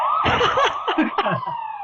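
police car siren

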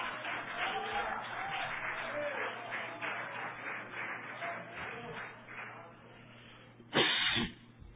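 audience applauding

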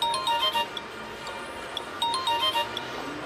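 mobile phone ringtone

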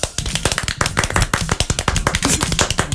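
applause

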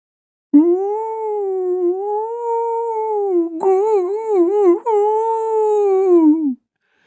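dog howling and whimpering

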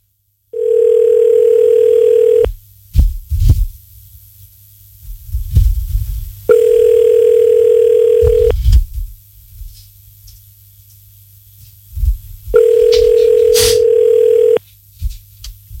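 telephone ringing tone

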